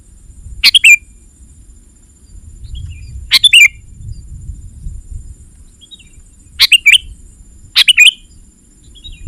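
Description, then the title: Sooty-headed bulbul song: four short bubbly chirped phrases, each a quick cluster of bright notes dropping at the end, separated by pauses, over low background rumble. "kutilang"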